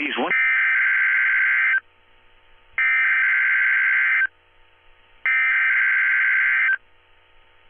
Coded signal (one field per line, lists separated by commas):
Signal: Emergency Alert System (SAME) tones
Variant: header bursts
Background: speech